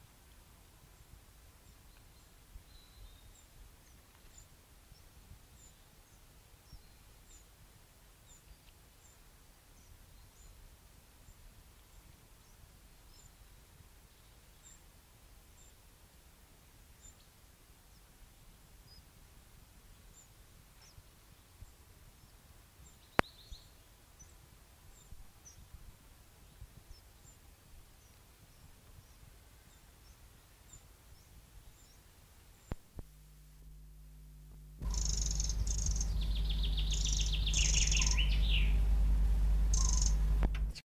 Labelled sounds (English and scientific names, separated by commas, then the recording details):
Eurasian Wren (Troglodytes troglodytes) call
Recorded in the wild
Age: diverse
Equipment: Halbspur, 9,5 cm/s
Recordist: Lütgens, Hans
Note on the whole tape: Flügge Junge und Altvögel, Rufe